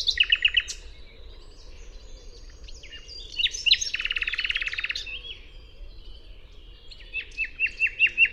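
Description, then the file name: Common nightingale song opening with quick repeated sharp notes, a dense buzzy churring passage in the middle, and a closing series of loud evenly spaced whistled notes. "Luscinia megarhynchos"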